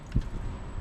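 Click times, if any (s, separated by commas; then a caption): none. A wiring harness connector, the medium one after the big one, is handled against the replacement driver-door window switch of a Chevy Silverado while being fitted. A brief low thump at about 0.2 s stands out over faint handling rustle. Nothing has seated or clicked yet.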